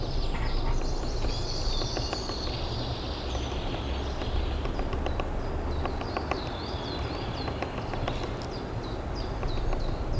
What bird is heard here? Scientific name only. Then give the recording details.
Dendrocopos minor. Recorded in the wild. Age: adult. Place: Summt, am Buchenberg, Brandenburg, DE. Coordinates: 52.695, 13.3594. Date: 1975-04-27 12:45. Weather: leicht sonnig, ca. 12°C. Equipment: Uher CR 210, Verstärker, Sennheiser MD 421, Reflektor, Kopie Uher Report 4200. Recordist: Tembrock, Günter